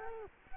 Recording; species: mosquito wingbeat signal from an infrared sensor; Culex quinquefasciatus